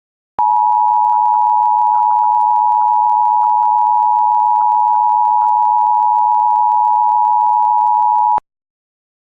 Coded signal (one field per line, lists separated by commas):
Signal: Emergency Alert System (SAME) tones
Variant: 853 and 960 Hz attention tone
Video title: EAS Recreation (3/18/25): Average Required Monthly Test (SC)